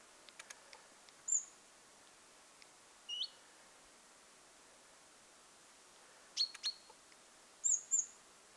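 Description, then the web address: Great tit calls: high thin notes come in short bursts, some in pairs, spaced a few seconds apart against a quiet background. Young bird calling, recorded 21 July 2026. "paivat 21 7 2026 kuvien nuori talitiainen aantelee"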